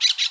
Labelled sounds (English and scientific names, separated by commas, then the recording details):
Brown-throated Parakeet (Eupsittula pertinax) contact call
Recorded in Bonaire
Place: roosting area just N of Seru Largu
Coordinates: 12.199, -68.277